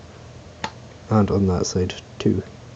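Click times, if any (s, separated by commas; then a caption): none. A memory module is handled while being pressed into a motherboard DIMM slot, working on the second side where the retention clip sits. A short, sharp tick is heard at 0.6 s, followed by someone talking. Nothing has seated or clicked yet, and the module is not yet home.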